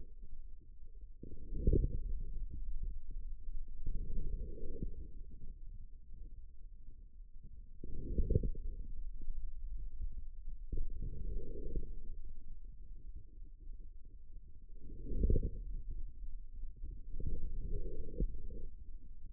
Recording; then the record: forearm muscle sounds (acoustic myography)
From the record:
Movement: outward rotation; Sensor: system 2, bracelet of six BSWA MPA416 microphones around the upper forearm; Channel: 4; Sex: male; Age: 22 years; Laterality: right